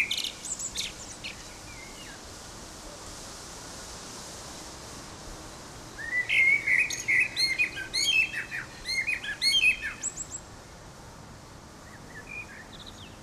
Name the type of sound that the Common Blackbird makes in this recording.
song